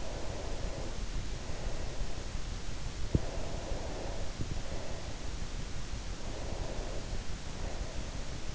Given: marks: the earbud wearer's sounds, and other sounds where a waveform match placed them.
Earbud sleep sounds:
sounds in sleep by an in-ear microphone; breath
0.00-2.59 s: breath
3.24-5.32 s: breath
6.23-8.44 s: breath

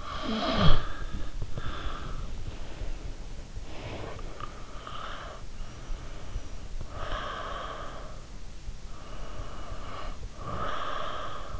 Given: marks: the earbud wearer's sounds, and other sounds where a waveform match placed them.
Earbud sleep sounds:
sounds in sleep by an in-ear microphone; snoring breath, breath
0.00-2.39 s: snoring breath
2.57-5.31 s: breath
5.62-8.27 s: breath
8.85-11.60 s: breath

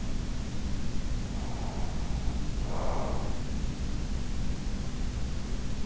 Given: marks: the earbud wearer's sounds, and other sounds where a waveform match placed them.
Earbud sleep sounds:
sounds in sleep by an in-ear microphone; breath
1.24-3.49 s: breath

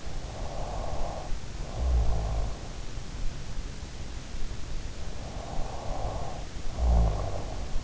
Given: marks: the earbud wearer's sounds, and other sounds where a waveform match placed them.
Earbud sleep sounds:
sounds in sleep by an in-ear microphone; snoring breath
0.05-2.98 s: snoring breath
4.78-7.84 s: snoring breath

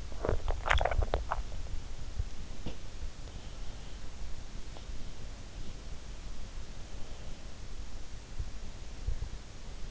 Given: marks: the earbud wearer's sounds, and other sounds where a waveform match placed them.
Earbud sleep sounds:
sounds in sleep by an in-ear microphone; swallowing
0.00-1.80 s: swallowing

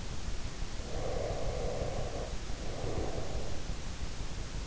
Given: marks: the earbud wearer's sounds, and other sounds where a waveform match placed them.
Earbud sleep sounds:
sounds in sleep by an in-ear microphone; breath
0.66-3.76 s: breath

